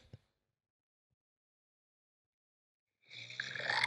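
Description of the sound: Silence, then a loud, rough, rattling snore with a low buzzing tone builds over the final second, from an adult man asleep at night who says he snores only occasionally.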